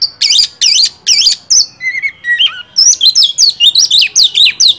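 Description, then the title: Oriental magpie-robin song: loud harsh chattering notes, a few lower whistles, then a rapid series of chirped notes. Kacer masteran (tutor) recording used to draw a kacer into singing gacor until it becomes a contest champion. "Masteran Kacer Yang Sukses Memancing Kacer Gacor Sampai Jadi Juara"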